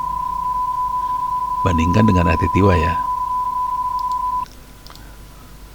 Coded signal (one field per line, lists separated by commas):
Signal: PSK31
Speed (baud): 31.25 baud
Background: speech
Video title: 20200407 ORARI amatir radio digital